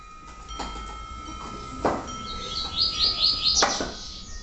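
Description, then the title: Double-collared seedeater song: a fast run of high, sharp repeated notes lasting about a second, with a few loud knocks and a steady high tone in the background. "Canto Coleiro"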